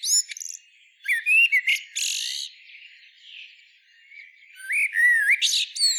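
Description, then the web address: Common blackbird song: brief rich whistles and a harsh buzzy burst, then a softer pause before another fluted phrase with high squeaks. "SETE data Turdus merula"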